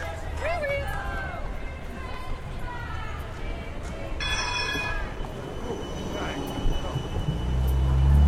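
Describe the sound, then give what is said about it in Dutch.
A tram rolls into a tram stop during a Palestine demonstration on the Dam, with a steady rail rumble, a brief high metallic wheel squeal midway, and a deepening low drone toward the end, while people talk faintly underneath. “Verdomd is niet waar, als komt er een tram.”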